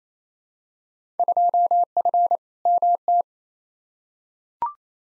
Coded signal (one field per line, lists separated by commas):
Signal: Morse code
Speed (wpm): 27 wpm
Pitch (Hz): 700 Hz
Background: none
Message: 2F MT